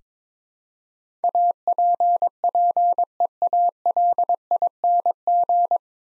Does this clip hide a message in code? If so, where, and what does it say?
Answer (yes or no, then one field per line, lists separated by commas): yes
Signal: Morse code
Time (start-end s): 1.2-5.8 s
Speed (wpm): 23 wpm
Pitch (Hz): 700 Hz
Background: none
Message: APPEALING